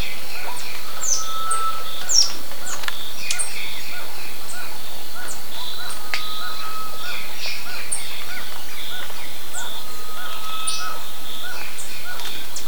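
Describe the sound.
Bird calls: scattered short high chirps and a few sustained steady whistled notes, set against constant background hiss and a low hum.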